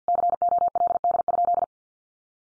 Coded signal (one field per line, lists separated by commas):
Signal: Morse code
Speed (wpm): 50 wpm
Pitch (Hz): 700 Hz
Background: none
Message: COLD?